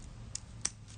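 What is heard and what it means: A push-button deployant clasp bearing the Duxot name, with a matte finish, is pressed closed on a solid stainless steel watch bracelet with high-polish center links and vertically brushed outer links. Two short, bright clicks are heard at about 0.4 s and 0.7 s, with the second louder, over a faint low background hum. The clasp shuts and holds securely.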